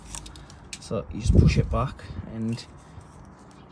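A rubber steering rack boot on the inner tie rod of a Vauxhall Opel Corsa is being pushed back by hand toward its groove, with a few light handling taps early on and a sharper tap at about 0.7 s. Someone talks over it. Nothing has seated yet: the boot has not popped onto its groove by the end.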